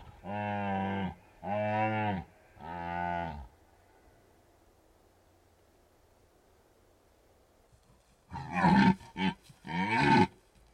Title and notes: Red Deer Rut In Bucovina. Red deer stags rutting in the Carpathian Mountains, Bucovina, Romania